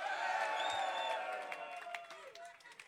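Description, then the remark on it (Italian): An audience cheers and whoops loudly while scattered clapping rings out, the crowd noise tapering off gradually over a few seconds as the applause thins. “Un applauso perché si è fatta Diego Abbadantuono.”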